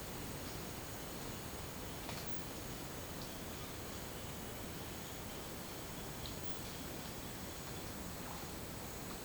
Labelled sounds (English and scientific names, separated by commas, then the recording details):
none
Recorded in dense forest near Puerto Asís, Putumayo, Colombia, on 24 March 2025 at 09:30
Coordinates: 0.481, -76.323
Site G088